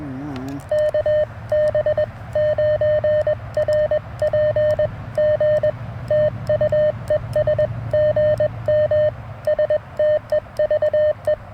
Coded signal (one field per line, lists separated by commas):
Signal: Morse code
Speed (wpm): 21 wpm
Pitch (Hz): 610 Hz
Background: none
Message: KB9RPG TU ES GM STEVE